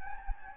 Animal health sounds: mosquito wingbeat signal from an infrared sensor; Anopheles gambiae

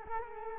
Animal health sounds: mosquito wingbeat signal from an infrared sensor; Culex quinquefasciatus

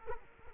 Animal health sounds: mosquito wingbeat signal from an infrared sensor; Culex quinquefasciatus

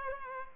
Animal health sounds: mosquito wingbeat signal from an infrared sensor; Culex pipiens

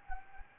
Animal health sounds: mosquito wingbeat signal from an infrared sensor; Anopheles gambiae

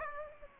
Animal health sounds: mosquito wingbeat signal from an infrared sensor; Aedes aegypti

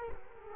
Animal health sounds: mosquito wingbeat signal from an infrared sensor; Culex quinquefasciatus

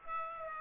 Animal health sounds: mosquito wingbeat signal from an infrared sensor; Aedes aegypti

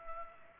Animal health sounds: mosquito wingbeat signal from an infrared sensor; Culex pipiens

